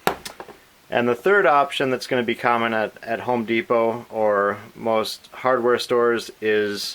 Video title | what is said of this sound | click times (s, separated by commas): Best Utility Knife Lock - Liner Lock vs. Lock Back vs. Button Lock (Press and Flip) | and then the utility knife is going to lock into place. | 0.1 s